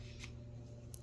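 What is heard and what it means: A blown headlight bulb from a Ford Focus is pulled out of its bulb holder over a steady low hum, with a soft scrape around 0.2 s. A sharp click at 0.9 s marks the old bulb popping free and being released from the holder.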